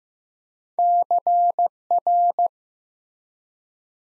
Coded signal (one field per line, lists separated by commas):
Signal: Morse code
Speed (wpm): 15 wpm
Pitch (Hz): 700 Hz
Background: none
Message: CR